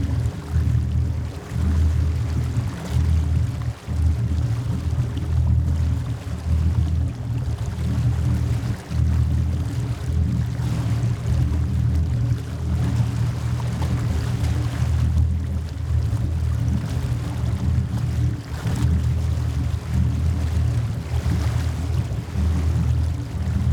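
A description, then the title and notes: A boat ride heard from on board, dominated by a deep, steady engine rumble with a constant low drone and a slight pulsing. Water splashes and hisses faintly above it throughout, with brief surges of spray around the middle and near the end. Rumbling Boat Ride.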